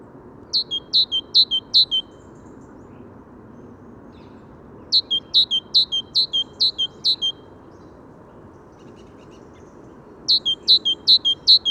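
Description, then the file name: Great tit with three bursts of repeated two-note phrases, high then lower, separated by pauses of a few seconds, over constant low rumble. "Parus major"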